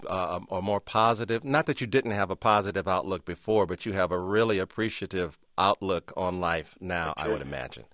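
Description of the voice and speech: A man, a host interviewing a guest, speaks fluently in a low, steady conversational voice at an easy pace, with short natural pauses and clear articulation. There is no stuttering, slurring or voice strain. This is ordinary adult speech.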